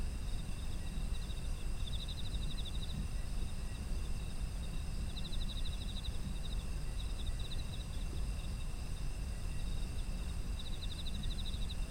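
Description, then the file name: Insects trilling: several bursts of rapid pulsed chirps spread throughout, a continuous shrill high drone beneath, and a steady low rumble. Autumn insect ambient sound. "秋の虫の環境音"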